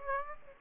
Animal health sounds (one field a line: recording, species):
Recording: mosquito wingbeat signal from an infrared sensor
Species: Aedes aegypti